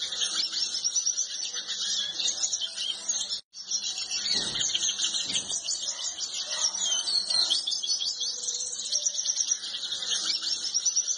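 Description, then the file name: Yellow-bellied siskin song, sustained bright twittering of quick chirps and trills, interrupted by a short silence early on, plus a couple of muffled low bumps. "canto do pintassilgo de barriga amarela"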